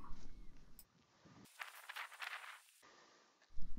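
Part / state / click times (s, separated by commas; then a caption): plastic tent clip onto tent pole / not seated / none. Plastic tent clips are being handled at a tent's cross pole, where they snap on to hold the pole up. Soft rustling and scraping are heard, with a brighter hissing stretch in the middle and a louder burst of handling at the end. Nothing has snapped or seated yet.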